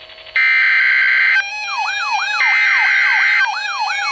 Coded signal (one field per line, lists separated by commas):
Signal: Emergency Alert System (SAME) tones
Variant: header bursts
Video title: Special Marine Warning #2 - 06/13/22 (EAS #2,508)